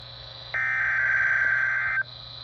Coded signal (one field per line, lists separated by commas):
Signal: Emergency Alert System (SAME) tones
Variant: header bursts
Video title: EAS #75 “Chunky SVR.” 8/13/2026